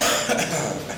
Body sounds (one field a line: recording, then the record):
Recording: coughing mixed with background sound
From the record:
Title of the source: Wet Throat Infection Cough